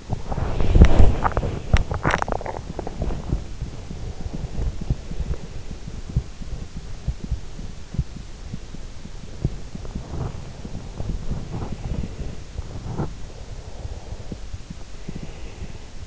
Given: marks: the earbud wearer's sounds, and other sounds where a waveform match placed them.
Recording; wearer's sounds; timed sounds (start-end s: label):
sounds in sleep by an in-ear microphone; body movement, breath
0.00-15.54 s: body movement
3.92-6.37 s: breath
8.00-9.26 s: breath
9.99-12.74 s: breath
13.26-16.07 s: breath